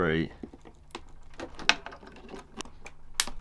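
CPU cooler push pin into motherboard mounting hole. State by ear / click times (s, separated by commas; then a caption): seated / 3.2 s. Someone talks as the fourth and last plastic push pin of a CPU cooler, being installed with an Intel i3-12100F, is pressed into its motherboard mounting hole, with scattered knocks and taps along the way. A sharp click at 3.2 s confirms the final pin has seated, so the cooler is in.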